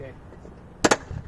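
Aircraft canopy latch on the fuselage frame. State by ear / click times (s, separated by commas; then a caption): released / 0.8 s, 0.9 s. Someone talks briefly, then pulls the canopy handle on aircraft N342RJ, and the metal canopy latches on the fuselage frame unclick with two sharp, loud clicks in quick succession at 0.9 s and 0.9 s. The latches release over a quiet low rumble in the background.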